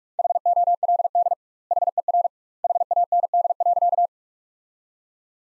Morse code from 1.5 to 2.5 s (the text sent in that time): HER